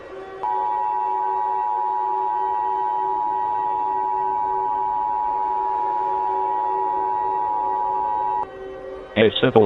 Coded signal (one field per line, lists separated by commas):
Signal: Emergency Alert System (SAME) tones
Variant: 853 and 960 Hz attention tone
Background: speech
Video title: EAS Scenario 2: Transfur Infection (collab with VES2446)